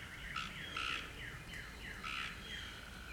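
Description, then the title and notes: Cope's gray treefrog giving brief rasping trilled bursts, three spread throughout, over constant background chorus noise and low hum. Recorded in Arkansas, United States. "Cope's Gray Treefrog-AR by Christie Mullen"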